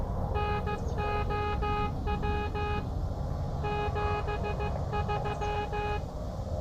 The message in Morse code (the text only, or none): NOW 73